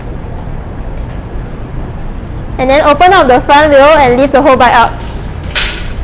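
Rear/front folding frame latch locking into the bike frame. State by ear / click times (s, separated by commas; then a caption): seated / 5.6 s. Someone talks while the front wheel section of a folding bike is opened out and the whole bike is lifted up. Lifting it makes the folding frame's latch snap into its locked position with a sharp click at 5.6 s, leaving the bike secure.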